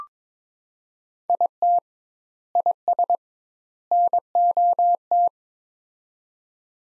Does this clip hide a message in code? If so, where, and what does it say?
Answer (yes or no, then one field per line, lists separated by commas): yes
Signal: Morse code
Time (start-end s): 1.3-5.3 s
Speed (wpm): 22 wpm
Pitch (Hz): 700 Hz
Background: none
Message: IT IS NOT